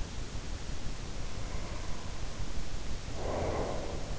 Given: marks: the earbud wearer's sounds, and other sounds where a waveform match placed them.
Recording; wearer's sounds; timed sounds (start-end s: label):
sounds in sleep by an in-ear microphone; breath
0.95-4.19 s: breath